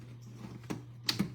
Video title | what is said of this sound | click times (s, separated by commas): My favorite vegetarian dinner | There we go, there's the click. | 1.1 s